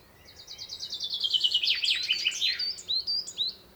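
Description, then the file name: Common chaffinch song: a descending run of repeated notes ending in a flourish, followed by a few separate high chirps. "Fringilla coelebs"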